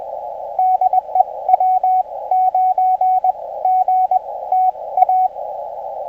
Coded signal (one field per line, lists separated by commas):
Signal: Morse code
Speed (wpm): 20 wpm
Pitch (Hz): 750 Hz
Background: radio noise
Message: DE W9GTA